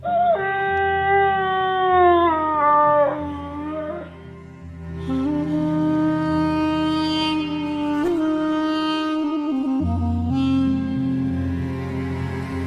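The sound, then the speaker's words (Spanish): A long, agonized howl, a cry of pain turning into a deep howl, that wavers and slides in pitch, rising and dipping over several seconds while a low, pulsing rumble continues underneath. No one speaks. “Mi cuerpo empezó a contornearse y un pelo grueso y áspero salió de mi piel, mientras de mi boca salió un grito de dolor, el cual se convirtió en un profundo y agónico aullido.”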